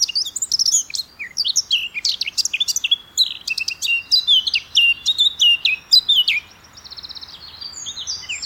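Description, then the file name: Eurasian blackcap singing a dense, fast warble of high twittering and scratchy notes for about six seconds, then a softer run of quick repeated notes. "Sylvia atricapilla"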